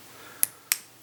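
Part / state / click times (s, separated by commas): plastic model part half clipping into its mating half / seated / 0.4 s, 0.7 s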